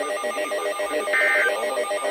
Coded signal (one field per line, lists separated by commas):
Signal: Emergency Alert System (SAME) tones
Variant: end-of-message bursts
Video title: EAS #3303-3305 Special Marine Warning